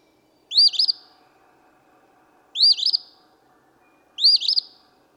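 Eastern phoebe song: three short, raspy two-part 'fee-bee' phrases, each a quick rising-falling burst, spaced about two seconds apart against a quiet background.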